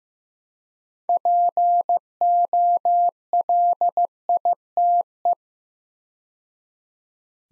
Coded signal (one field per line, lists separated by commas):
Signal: Morse code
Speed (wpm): 15 wpm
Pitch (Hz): 700 Hz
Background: none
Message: POLITE